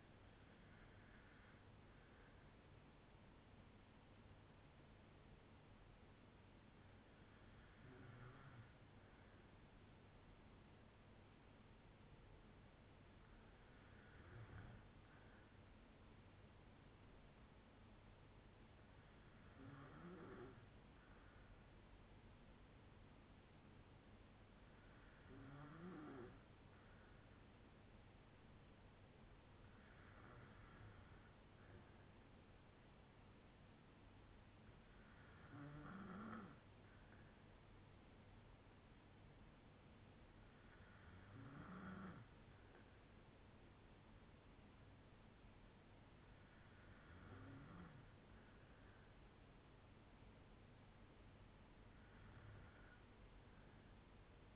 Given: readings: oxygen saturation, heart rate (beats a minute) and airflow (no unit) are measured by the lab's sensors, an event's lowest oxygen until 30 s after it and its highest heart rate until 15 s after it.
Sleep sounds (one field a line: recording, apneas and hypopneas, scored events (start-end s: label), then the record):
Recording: breathing in sleep by a voice recorder at the bedside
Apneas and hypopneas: none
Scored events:
28.00-54.56 s: new sleep stage, N2 (light sleep)
From the record:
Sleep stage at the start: N1 (lightest sleep)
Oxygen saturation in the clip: 94 to 96%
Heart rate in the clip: 56 to 71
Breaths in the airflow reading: 10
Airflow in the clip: -5.5 to 6.2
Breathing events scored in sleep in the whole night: 182 in 7.4 hours asleep